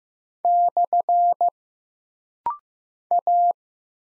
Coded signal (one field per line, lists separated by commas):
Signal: Morse code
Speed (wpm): 15 wpm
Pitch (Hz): 700 Hz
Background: none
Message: / A